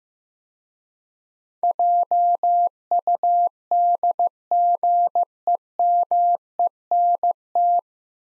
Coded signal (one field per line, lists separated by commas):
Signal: Morse code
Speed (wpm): 15 wpm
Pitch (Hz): 700 Hz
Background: none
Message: JUDGEMENT